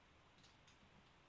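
A clip-in frame part is being handled and fitted into a cloned carbon drone frame during assembly, and it is meant to click inside to make the frame stiff. Faint, soft handling noise is heard with a few light ticks. Nothing has seated or clicked yet.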